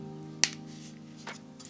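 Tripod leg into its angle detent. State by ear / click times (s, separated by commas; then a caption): seated / 0.4 s. A tabletop tripod's small release button is pressed and its leg is moved to the second, higher angle setting, giving one sharp, loud click at 0.4 s as the leg's angle stop clicks into place and seats. Music plays steadily underneath, with a few faint ticks later in the clip.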